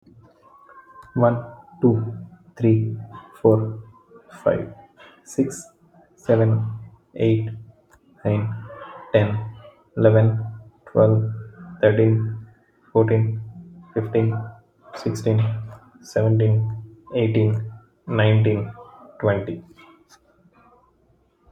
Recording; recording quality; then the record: counting at a normal pace; excellent, no background noise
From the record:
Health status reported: healthy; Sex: male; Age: 30 years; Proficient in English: yes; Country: India